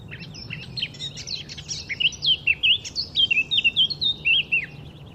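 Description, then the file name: Eurasian blackcap song: a rapid, varied warble of chattering notes turning into clear whistled phrases, continuous for about five seconds. "Sylvia atricapilla"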